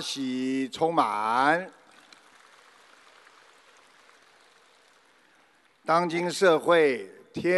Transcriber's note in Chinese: 掌声